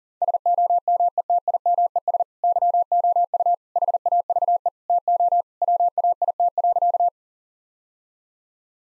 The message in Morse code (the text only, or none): SOMETIMES YOU HAVE TO WAIT.